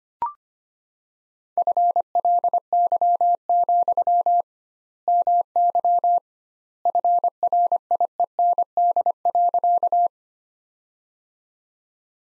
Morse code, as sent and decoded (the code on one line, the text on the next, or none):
..-. .-.. -.-- --..-- / -- -.-- / ..-. .-. .. . -. -.. .-.-.-
FLY, MY FRIEND.